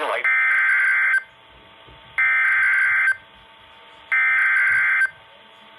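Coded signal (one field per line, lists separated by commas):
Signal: Emergency Alert System (SAME) tones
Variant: header bursts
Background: speech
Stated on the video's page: Two relayed warnings, severe thunderstorm and tornado, received off weather radio stations on Midland weather radios.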